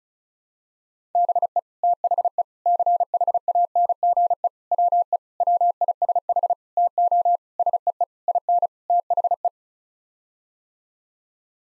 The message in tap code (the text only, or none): none